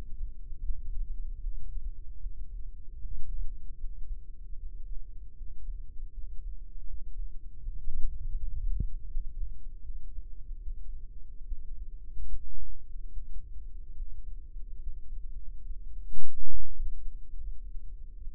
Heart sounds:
heart sounds by microphone in the right ear; 75 bpm
0.62 s: heartbeat
1.40 s: heartbeat
2.18 s: heartbeat
2.97 s: heartbeat
3.76 s: heartbeat
4.55 s: heartbeat
5.33 s: heartbeat
6.10 s: heartbeat
6.86 s: heartbeat
7.60 s: heartbeat
8.34 s: heartbeat
9.06 s: heartbeat
9.81 s: heartbeat
10.59 s: heartbeat
11.44 s: heartbeat
12.25 s: heartbeat
13.09 s: heartbeat
13.94 s: heartbeat
14.79 s: heartbeat
15.63 s: heartbeat
16.47 s: heartbeat
17.31 s: heartbeat
18.14 s: heartbeat
From the record:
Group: healthy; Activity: Valsalva maneuver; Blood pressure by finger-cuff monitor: 106/61 mmHg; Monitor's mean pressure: 74 mmHg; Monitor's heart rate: 77 bpm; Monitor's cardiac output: 6.3 L/min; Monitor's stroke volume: 80 mL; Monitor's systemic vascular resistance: 820 dyn s/cm5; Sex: female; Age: 26 years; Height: 165 cm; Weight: 55 kg

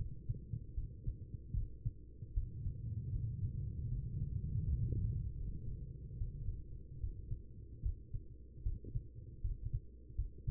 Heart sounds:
heart sounds by stethoscope; 77 bpm
0.74 s: heartbeat
1.53 s: heartbeat
2.33 s: heartbeat
3.12 s: heartbeat
3.88 s: heartbeat
4.63 s: heartbeat
5.36 s: heartbeat
6.17 s: heartbeat
7.00 s: heartbeat
7.82 s: heartbeat
8.62 s: heartbeat
9.41 s: heartbeat
10.15 s: heartbeat
From the record:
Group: healthy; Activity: rest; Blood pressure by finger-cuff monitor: 100/63 mmHg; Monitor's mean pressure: 77 mmHg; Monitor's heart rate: 75 bpm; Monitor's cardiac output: 5.4 L/min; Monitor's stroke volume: 69 mL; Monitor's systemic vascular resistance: 1040 dyn s/cm5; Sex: female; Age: 43 years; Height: 160 cm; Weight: 90 kg

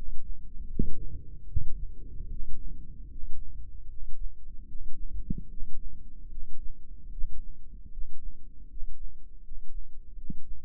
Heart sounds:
heart sounds by microphone in the left ear; 76 bpm
0.68 s: heartbeat
1.46 s: heartbeat
2.28 s: heartbeat
3.08 s: heartbeat
3.87 s: heartbeat
4.66 s: heartbeat
5.47 s: heartbeat
6.28 s: heartbeat
7.09 s: heartbeat
7.89 s: heartbeat
8.68 s: heartbeat
9.42 s: heartbeat
10.14 s: heartbeat
From the record:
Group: healthy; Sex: male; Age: 35 years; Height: 180 cm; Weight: 86.9 kg

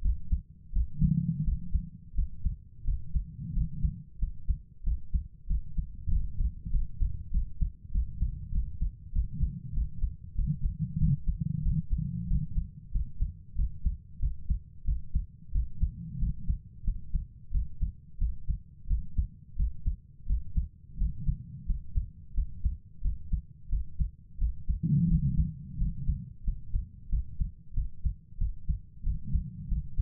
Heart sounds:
heart sounds by stethoscope; 91 bpm
0.00 s: heartbeat
0.71 s: heartbeat
1.43 s: heartbeat
2.13 s: heartbeat
2.83 s: heartbeat
3.52 s: heartbeat
4.17 s: heartbeat
4.82 s: heartbeat
5.46 s: heartbeat
6.08 s: heartbeat
6.69 s: heartbeat
7.30 s: heartbeat
7.90 s: heartbeat
8.50 s: heartbeat
9.11 s: heartbeat
9.72 s: heartbeat
10.34 s: heartbeat
10.97 s: heartbeat
11.61 s: heartbeat
12.26 s: heartbeat
12.90 s: heartbeat
13.54 s: heartbeat
14.18 s: heartbeat
14.83 s: heartbeat
15.51 s: heartbeat
16.17 s: heartbeat
16.83 s: heartbeat
17.50 s: heartbeat
18.17 s: heartbeat
18.86 s: heartbeat
19.55 s: heartbeat
20.25 s: heartbeat
20.96 s: heartbeat
21.65 s: heartbeat
22.33 s: heartbeat
23.00 s: heartbeat
23.68 s: heartbeat
24.37 s: heartbeat
25.06 s: heartbeat
25.76 s: heartbeat
26.43 s: heartbeat
27.08 s: heartbeat
27.73 s: heartbeat
28.37 s: heartbeat
29.02 s: heartbeat
29.67 s: heartbeat
From the record:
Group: healthy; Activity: rest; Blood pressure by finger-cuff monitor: 109/71 mmHg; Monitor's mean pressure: 84 mmHg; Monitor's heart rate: 91 bpm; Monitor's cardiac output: 7 L/min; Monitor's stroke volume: 77 mL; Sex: female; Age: 32 years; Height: 172 cm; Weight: 71.7 kg

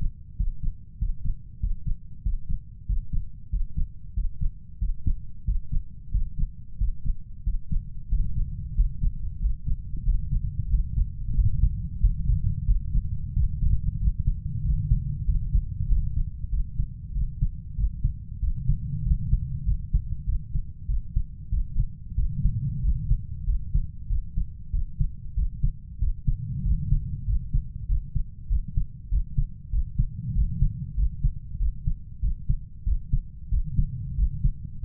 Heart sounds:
heart sounds by stethoscope; 94 bpm
0.38 s: heartbeat
1.00 s: heartbeat
1.62 s: heartbeat
2.24 s: heartbeat
2.88 s: heartbeat
3.52 s: heartbeat
4.16 s: heartbeat
4.81 s: heartbeat
5.47 s: heartbeat
6.13 s: heartbeat
6.80 s: heartbeat
7.45 s: heartbeat
8.11 s: heartbeat
8.77 s: heartbeat
9.41 s: heartbeat
10.06 s: heartbeat
10.71 s: heartbeat
11.36 s: heartbeat
12.02 s: heartbeat
12.68 s: heartbeat
13.36 s: heartbeat
14.01 s: heartbeat
14.65 s: heartbeat
15.27 s: heartbeat
15.89 s: heartbeat
16.52 s: heartbeat
17.15 s: heartbeat
17.78 s: heartbeat
18.42 s: heartbeat
19.06 s: heartbeat
19.67 s: heartbeat
20.27 s: heartbeat
20.89 s: heartbeat
21.52 s: heartbeat
22.18 s: heartbeat
22.84 s: heartbeat
23.47 s: heartbeat
24.10 s: heartbeat
24.74 s: heartbeat
25.37 s: heartbeat
26.02 s: heartbeat
26.66 s: heartbeat
27.28 s: heartbeat
27.89 s: heartbeat
28.51 s: heartbeat
29.12 s: heartbeat
29.73 s: heartbeat
30.36 s: heartbeat
30.98 s: heartbeat
31.60 s: heartbeat
32.23 s: heartbeat
32.87 s: heartbeat
33.52 s: heartbeat
34.18 s: heartbeat
34.83 s: heartbeat
From the record:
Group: healthy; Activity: Valsalva maneuver 0-10 s, rest 10-35 s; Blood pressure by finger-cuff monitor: 141/85 mmHg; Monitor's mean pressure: 100 mmHg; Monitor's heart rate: 94 bpm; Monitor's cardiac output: 7.3 L/min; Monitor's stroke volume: 78 mL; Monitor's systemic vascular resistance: 1010 dyn s/cm5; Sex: male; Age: 21 years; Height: 175 cm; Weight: 72.6 kg

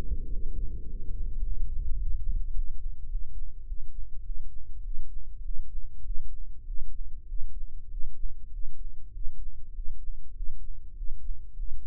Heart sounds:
heart sounds by microphone in the left ear; 101 bpm
0.26 s: heartbeat
0.83 s: heartbeat
1.40 s: heartbeat
1.96 s: heartbeat
2.52 s: heartbeat
3.07 s: heartbeat
3.64 s: heartbeat
4.22 s: heartbeat
4.82 s: heartbeat
5.42 s: heartbeat
6.02 s: heartbeat
6.64 s: heartbeat
7.26 s: heartbeat
7.88 s: heartbeat
8.50 s: heartbeat
9.11 s: heartbeat
9.72 s: heartbeat
10.33 s: heartbeat
10.94 s: heartbeat
11.55 s: heartbeat
From the record:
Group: healthy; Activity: breath hold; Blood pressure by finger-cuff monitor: 89/61 mmHg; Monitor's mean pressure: 67 mmHg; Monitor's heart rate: 101 bpm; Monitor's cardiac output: 7.8 L/min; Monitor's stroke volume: 76 mL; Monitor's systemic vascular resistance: 630 dyn s/cm5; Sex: male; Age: 19 years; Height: 178 cm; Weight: 83 kg

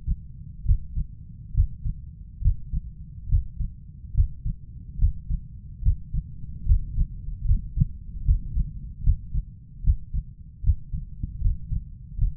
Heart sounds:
heart sounds by stethoscope; 73 bpm
0.65 s: heartbeat
1.53 s: heartbeat
2.41 s: heartbeat
3.28 s: heartbeat
4.14 s: heartbeat
4.98 s: heartbeat
5.82 s: heartbeat
6.65 s: heartbeat
7.45 s: heartbeat
8.24 s: heartbeat
9.03 s: heartbeat
9.83 s: heartbeat
10.63 s: heartbeat
11.40 s: heartbeat
12.17 s: heartbeat
From the record:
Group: healthy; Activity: Valsalva maneuver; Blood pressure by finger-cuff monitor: 129/90 mmHg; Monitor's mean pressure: 103 mmHg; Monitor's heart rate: 67 bpm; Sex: male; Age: 23 years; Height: 179 cm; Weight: 87 kg

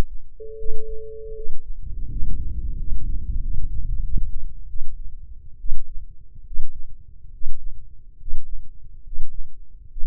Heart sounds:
heart sounds by microphone in the left ear; 77 bpm
0.56 s: heartbeat
1.34 s: heartbeat
2.08 s: heartbeat
2.76 s: heartbeat
3.39 s: heartbeat
4.01 s: heartbeat
4.67 s: heartbeat
5.58 s: heartbeat
6.44 s: heartbeat
7.31 s: heartbeat
8.17 s: heartbeat
9.02 s: heartbeat
9.87 s: heartbeat
From the record:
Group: healthy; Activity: breath hold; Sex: male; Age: 21 years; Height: 180 cm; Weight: 67.5 kg

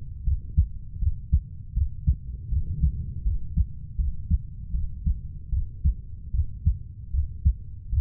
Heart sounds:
heart sounds by stethoscope; 78 bpm
0.25 s: heartbeat
1.00 s: heartbeat
1.74 s: heartbeat
2.50 s: heartbeat
3.24 s: heartbeat
3.96 s: heartbeat
4.72 s: heartbeat
5.50 s: heartbeat
6.32 s: heartbeat
7.11 s: heartbeat
7.90 s: heartbeat
From the record:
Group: healthy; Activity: cold pressor test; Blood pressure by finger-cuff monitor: 117/50 mmHg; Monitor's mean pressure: 75 mmHg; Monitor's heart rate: 80 bpm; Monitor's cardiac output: 10.2 L/min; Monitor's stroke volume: 126 mL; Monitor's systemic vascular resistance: 530 dyn s/cm5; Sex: female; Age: 32 years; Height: 168 cm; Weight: 61.9 kg

